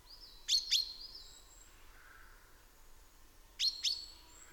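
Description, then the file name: Common chaffinch giving sharp, metallic calls, a quick double note near the start and another pair near the end, with a thin high whistle and faint background hiss. "Fringilla coelebs"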